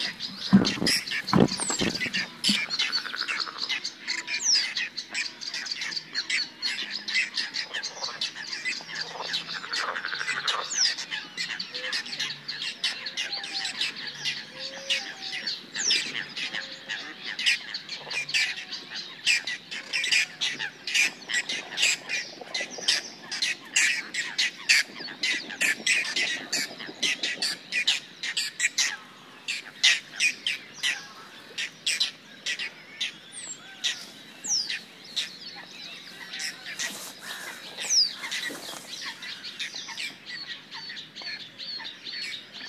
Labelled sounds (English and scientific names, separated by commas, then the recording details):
Whiskered Tern (Chlidonias hybrida) flight call
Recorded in the wild
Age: adult
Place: Kützerhof, Kummerower See, Mecklenburg-Vorpommern, DE
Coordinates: 53.8531, 12.8686
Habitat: wetland
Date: 2010-06-22
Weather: fair, 8°C, weak winds
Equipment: Sound Devices 702, Rode NT1-A Stereopaar
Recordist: Frommolt, Karl-Heinz
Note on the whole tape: Straße vom Kützerhof nach Aalbude, Polder Große Rosin: Weißbartseeschwalben im Vorbeiflug. Tiere gesehen. Teilweise sehr gute Aufnahmequalität